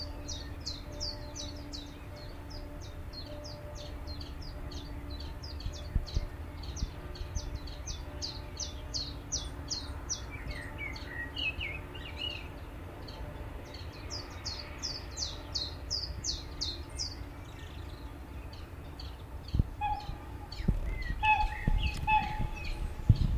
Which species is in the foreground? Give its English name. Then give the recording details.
Willow Warbler. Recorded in captivity. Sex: male. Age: adult. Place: Zoologisches Institut Universität Tübingen und Voliere IV, Baden-Württemberg, DE. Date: 1966-06-07. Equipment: Nagra III PH, MD 421, LGS26. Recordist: Faber, A. and Schneider, H.-J